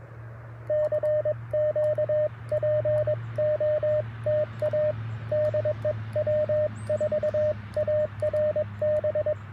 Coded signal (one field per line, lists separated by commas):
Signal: Morse code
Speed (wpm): 22 wpm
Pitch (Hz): 590 Hz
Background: radio noise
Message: CQ POTA DE W4ARB